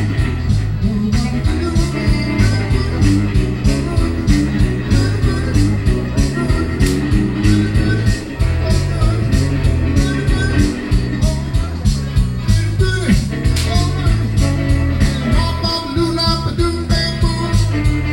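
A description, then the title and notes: At a country flea market, loud music with a steady, quick beat and heavy bass plays continuously. Austin Country Flea Market.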